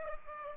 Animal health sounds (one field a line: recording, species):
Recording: mosquito wingbeat signal from an infrared sensor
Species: Aedes aegypti